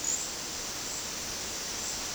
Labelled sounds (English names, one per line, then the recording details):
none
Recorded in dense forest near Puerto Asís, Putumayo, Colombia, on 21 February 2024 at 14:00
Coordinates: 0.485, -76.325
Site G6429